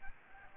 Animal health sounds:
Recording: mosquito wingbeat signal from an infrared sensor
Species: Aedes aegypti

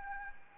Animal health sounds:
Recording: mosquito wingbeat signal from an infrared sensor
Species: Anopheles arabiensis

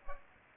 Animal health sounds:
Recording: mosquito wingbeat signal from an infrared sensor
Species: Culex pipiens

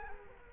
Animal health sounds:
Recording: mosquito wingbeat signal from an infrared sensor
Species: Culex quinquefasciatus

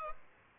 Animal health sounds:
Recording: mosquito wingbeat signal from an infrared sensor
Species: Aedes albopictus

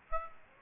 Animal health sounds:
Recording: mosquito wingbeat signal from an infrared sensor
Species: Aedes aegypti

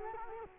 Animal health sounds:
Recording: mosquito wingbeat signal from an infrared sensor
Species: Culex quinquefasciatus

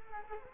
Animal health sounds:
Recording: mosquito wingbeat signal from an infrared sensor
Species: Culex quinquefasciatus

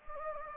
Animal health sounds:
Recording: mosquito wingbeat signal from an infrared sensor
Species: Anopheles gambiae

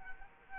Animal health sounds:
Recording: mosquito wingbeat signal from an infrared sensor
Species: Culex quinquefasciatus

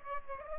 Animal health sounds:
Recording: mosquito wingbeat signal from an infrared sensor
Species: Aedes aegypti

